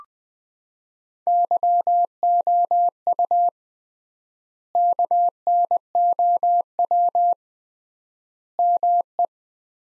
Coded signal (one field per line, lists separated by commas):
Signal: Morse code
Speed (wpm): 20 wpm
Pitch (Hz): 700 Hz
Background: none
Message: YOU KNOW ME